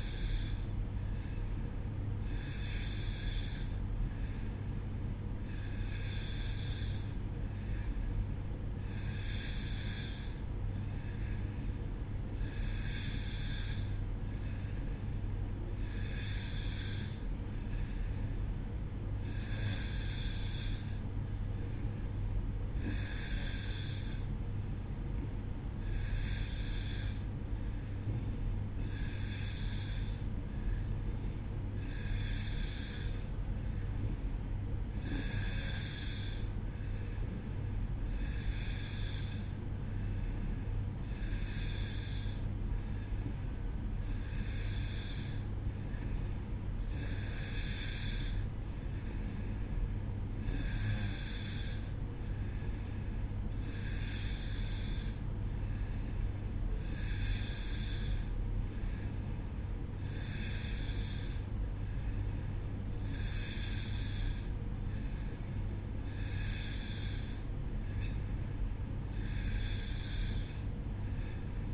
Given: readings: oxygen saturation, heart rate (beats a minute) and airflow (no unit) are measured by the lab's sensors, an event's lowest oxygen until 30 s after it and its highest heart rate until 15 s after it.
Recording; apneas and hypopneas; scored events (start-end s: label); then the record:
breathing in sleep by a smartphone at the bedside; none
none scored
From the record:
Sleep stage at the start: N2 (light sleep); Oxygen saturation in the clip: 90 to 91%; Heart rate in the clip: 62 to 67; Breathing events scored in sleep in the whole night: 305 in 9.6 hours asleep